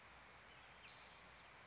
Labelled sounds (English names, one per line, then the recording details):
Spotted Towhee
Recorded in Sonoma County, California